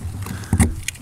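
A folding switchblade key turns the new lock on a lower exterior compartment door of a 2022 Unity Rear Lounge motorhome. Keys jangle with a few rattling knocks around 0.5–0.6 s, then a sharp click sounds at 0.9 s. The lock engages and the compartment door is locked.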